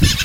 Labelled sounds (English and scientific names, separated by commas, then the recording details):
Brown-throated Parakeet (Eupsittula pertinax) contact call
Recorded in Venezuela
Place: Guárico; Corozopando; Fundo La Fe
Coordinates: 8.506, -67.593